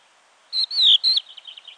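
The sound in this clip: Crested lark call: a short phrase of three clear whistled notes, the middle one longest and gently falling, followed by faint softer chirps.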